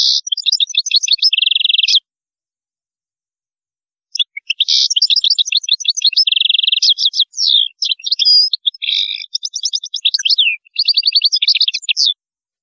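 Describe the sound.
European goldfinch song: an opening phrase with a buzzy trill, a two-second pause, then a long sequence of bright twitters, chatters and buzzes.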